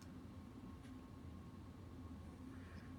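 A small plastic model oil filter is turned and lined up against the scale engine block of a Fanhome 1966 Batmobile model, with the filter not keyed to the block. A steady low hum and faint handling sounds run throughout, with no sharp events. Nothing has seated or clicked yet; the filter is only lined up before being pressed home.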